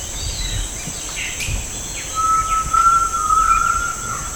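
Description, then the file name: Bird sustaining a long level whistled note, joined by faint chirps, over a constant high-pitched hum. "SABIOD 50 bird 2015"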